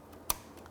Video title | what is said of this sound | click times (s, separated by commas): BMW Speaker Upgrade/Installation - 7 Series G11/G12 - BAVSOUND Stage One | this guy clicks | 0.3 s